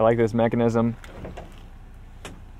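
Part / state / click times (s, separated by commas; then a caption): latch on the pickup's cab or body / seated / 2.2 s. Someone talks, then a latch on the cab or body of a 2020 Jeep Gladiator Mojave pickup is closed by hand. After a few faint handling sounds, the latch clicks shut at 2.3 s and is seated.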